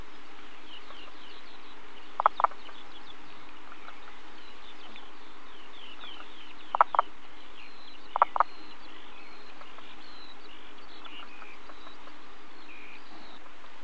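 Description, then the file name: Common spadefoot giving brief double knocks, 'ock-ock', three times throughout at irregular gaps, with quiet bird twittering in the background. "løgfrø"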